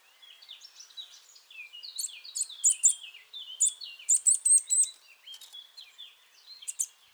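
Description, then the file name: Eurasian nuthatch uttering bright, clipped high calls in irregular clusters, set against a steady background of lower, tumbling chirps from other small birds. "Sitta europaea"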